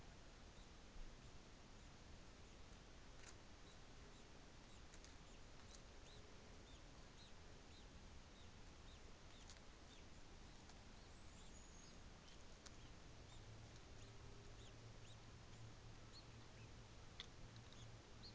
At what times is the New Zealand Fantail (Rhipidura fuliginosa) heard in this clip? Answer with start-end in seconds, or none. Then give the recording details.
10.85-12.19. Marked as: faintness 4/5. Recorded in New Zealand on 24 December 2018. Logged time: 13:35